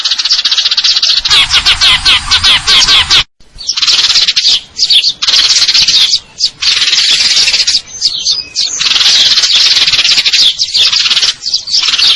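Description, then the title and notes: Eurasian tree sparrow opening with a rattling trill, then after a brief gap bursts of shrill chirps and long trills, broken by short pauses. Fighting-style call with long trills, clear sound; a masteran training recording for contest birds; local name burung gereja. "GEREJA TARUNG NEMBAK PANJANG SUARA JERNIH MASTERAN WAJIB BURUNG LOMBA. Burung Gereja"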